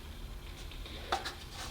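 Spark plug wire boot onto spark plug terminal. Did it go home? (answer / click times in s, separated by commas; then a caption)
yes / 1.1 s. A spark plug wire boot is pushed down onto the top of a spark plug on a Toyota 22R-E four-cylinder engine. After low background noise, a sharp click is heard at 1.1 s as the boot snaps onto the plug terminal. The boot is seated.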